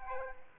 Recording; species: mosquito wingbeat signal from an infrared sensor; Aedes aegypti